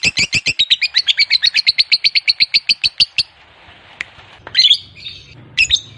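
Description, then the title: Lovebird chattering song, a rapid run of shrill ticking notes for three seconds, then silence broken by a couple of harsh squawks. Fighter-type lovebird giving a long ngekek. "Suara Lovebird FIGHTER NGEKEK PANJANG"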